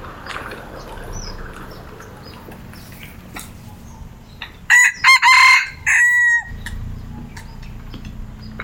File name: Red junglefowl